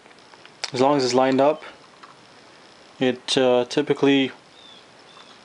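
A SATA-to-USB adapter is lined up with a hard drive's SATA connector while someone talks, with a few faint handling ticks in the quiet gaps. The adapter is handled but not yet pushed home, and nothing has seated or clicked yet.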